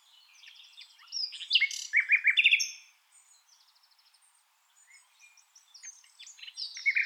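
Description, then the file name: Common nightingale song: a faint start, loud dense bursts of chattering and repeated notes, a quiet series of soft notes, then renewed rapid phrases growing louder. "Luscinia megarhynchos"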